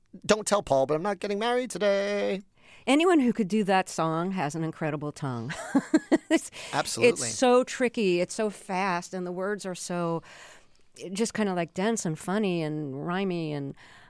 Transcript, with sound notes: Don't tell Paul, but I'm not getting married today.
Anyone who could do that song has an incredible tongue (laughter).
Absolutely.
It's so tricky. It's so fast. And the words are so just kind of, like, dense and funny and rhyme-y